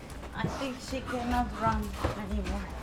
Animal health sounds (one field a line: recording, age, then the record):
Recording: pig call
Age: growing-finishing pig (85 days or more)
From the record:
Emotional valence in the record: positive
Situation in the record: run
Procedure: transit